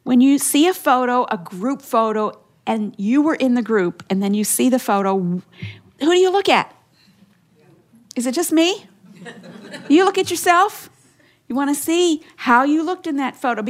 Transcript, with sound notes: When you see a photo, a group photo, and you were in the group, when you see the photo, who do you look at? Is it just me? (laughter) Do you look at yourself? You want to see how you looked in that photo;